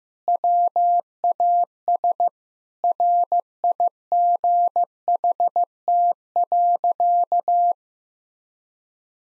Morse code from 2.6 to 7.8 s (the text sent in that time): RIGHT.